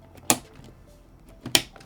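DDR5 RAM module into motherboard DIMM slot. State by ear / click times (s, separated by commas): seated / 0.3 s, 1.6 s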